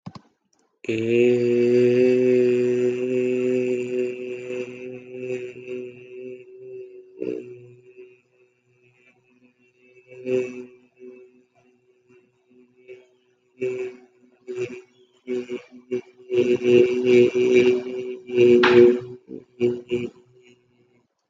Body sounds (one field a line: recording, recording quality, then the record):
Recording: sustained vowel as in made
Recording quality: excellent, no background noise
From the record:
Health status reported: healthy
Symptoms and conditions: breathing difficulty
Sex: male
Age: 18 years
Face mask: not worn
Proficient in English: yes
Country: India